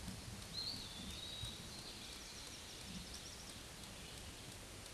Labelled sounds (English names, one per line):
Eastern Wood-Pewee song